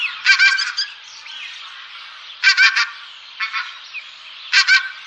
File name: Anser brachyrhynchus